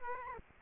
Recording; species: mosquito wingbeat signal from an infrared sensor; Aedes aegypti